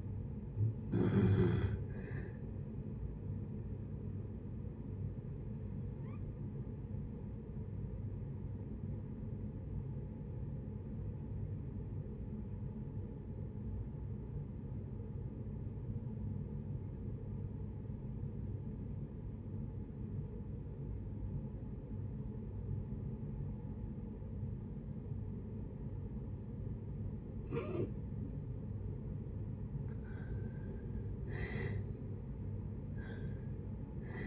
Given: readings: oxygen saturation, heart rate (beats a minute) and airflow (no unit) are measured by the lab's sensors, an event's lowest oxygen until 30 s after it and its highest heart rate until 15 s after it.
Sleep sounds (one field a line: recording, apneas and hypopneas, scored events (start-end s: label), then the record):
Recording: breathing in sleep by a smartphone at the bedside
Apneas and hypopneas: 1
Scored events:
9.00-29.40 s: obstructive apnea (N1, oxygen 95% highest, then 76% lowest, heart rate 63 at the start, 74 highest)
From the record:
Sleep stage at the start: N1 (lightest sleep)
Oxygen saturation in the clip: 71 to 95%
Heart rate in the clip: 61 to 71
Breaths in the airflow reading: 5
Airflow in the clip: -7.5 to 5.9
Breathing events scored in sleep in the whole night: 496 in 5.4 hours asleep